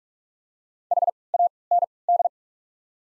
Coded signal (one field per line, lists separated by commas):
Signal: Morse code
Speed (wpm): 42 wpm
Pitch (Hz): 700 Hz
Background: none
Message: H A N D